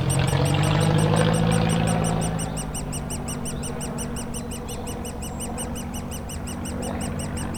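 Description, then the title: Woodpecker chicks chirping rapidly and continuously while a loud plane drones, its pitch rising, then fading. Woodpecker nestlings calling continuously from their cavity at the foot of a dead tree trunk, Bois Saint-Martin near Lognes aerodrome, Noisy-le-Grand, France, as planes fly over; recorded with a DR-40X. "Bois Saint-Martin RH9V+J6 Noisy-le-Grand, France - Oisillons et gros "volatiles" bruyants"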